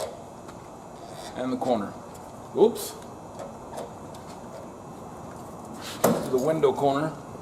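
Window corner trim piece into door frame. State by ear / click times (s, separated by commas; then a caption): not seated / none. Someone handles the window corner trim piece of a 2008 Ford F-250, lining it up against the door frame while talking, with light plastic handling noises in between. Nothing has seated or clicked yet.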